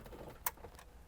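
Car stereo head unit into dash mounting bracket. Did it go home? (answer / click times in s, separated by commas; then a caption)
yes / 0.5 s. A car stereo head unit is pushed into its dash mounting bracket until its side clips catch on both sides, giving a sharp click at 0.5 s. A fainter click follows at about 0.8 s over low background rumble. The head unit is seated in the bracket.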